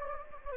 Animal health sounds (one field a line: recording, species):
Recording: mosquito wingbeat signal from an infrared sensor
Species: Anopheles gambiae